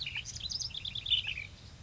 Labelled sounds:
House Wren (Troglodytes aedon)
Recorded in Sonoma County, California

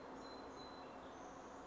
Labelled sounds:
Song Sparrow (Melospiza melodia)
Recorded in Sonoma County, California

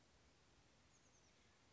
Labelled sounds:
Oak Titmouse (Baeolophus inornatus)
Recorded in Sonoma County, California

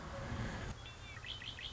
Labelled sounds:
Red-winged Blackbird (Agelaius phoeniceus)
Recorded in Sonoma County, California

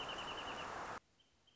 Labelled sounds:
Wrentit (Chamaea fasciata)
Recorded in Sonoma County, California

